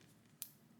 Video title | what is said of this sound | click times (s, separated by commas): Pitzmann Overture 4K Watch Review. | the bracelet links back in fully and they've got a nice positive click | 0.4 s